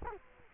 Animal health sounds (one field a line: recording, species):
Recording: mosquito wingbeat signal from an infrared sensor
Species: Culex quinquefasciatus